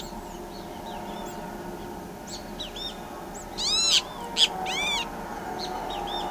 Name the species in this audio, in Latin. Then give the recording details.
Tyrannus melancholicus, Pitangus sulphuratus. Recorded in pastures near Pivijay, Magdalena, Colombia, on 18 April 2023 at 12:30. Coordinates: 10.456, -74.369. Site P6-G026